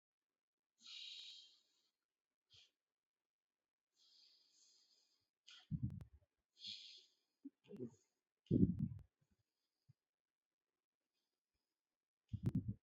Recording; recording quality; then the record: shallow breathing; excellent, no background noise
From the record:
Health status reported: COVID-19 positive, moderate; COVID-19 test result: positive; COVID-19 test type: RT-PCR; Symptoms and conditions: cough, cold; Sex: male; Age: 24 years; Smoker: no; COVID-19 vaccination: both doses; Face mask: not worn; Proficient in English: yes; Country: India